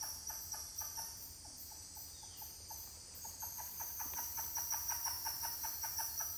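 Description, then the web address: Titi monkey calls: a run of pulsed notes that quickens and grows louder in the second half, set against constant high-pitched insects. More than one titi monkey calling. "Titi-monkeys-calling wilderness-songs"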